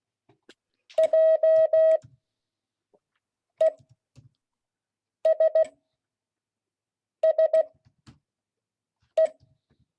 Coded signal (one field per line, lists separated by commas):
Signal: Morse code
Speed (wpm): 16 wpm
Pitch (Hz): 640 Hz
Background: none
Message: JESSE